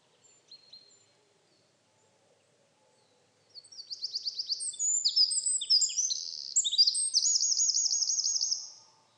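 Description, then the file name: Eurasian wren: after a few quiet seconds, a Eurasian wren bursts into a loud, high-pitched song of rapid notes and rolling trills lasting around five seconds. "Troglodytes troglodytes"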